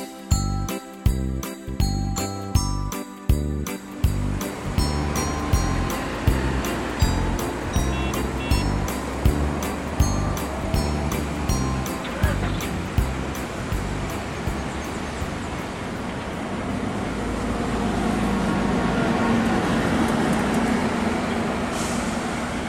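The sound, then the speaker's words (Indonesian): Bus terminal ambience in Surabaya: a heavy engine rumbles beneath a steady, rhythmic ticking, with deep thuds at the start, and a broad wash of engine noise swells toward the end. No one speaks. “Baik anak-anak, kita ikuti perjalanan mereka yang dimulai dari terminal.”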